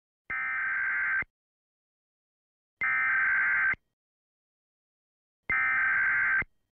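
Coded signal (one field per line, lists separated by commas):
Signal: Emergency Alert System (SAME) tones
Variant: header bursts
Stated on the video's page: Nationwide test heard during a radio talk show, very noisy with feedback, static, white noise and overlaid voices.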